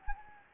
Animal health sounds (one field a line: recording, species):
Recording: mosquito wingbeat signal from an infrared sensor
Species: Anopheles gambiae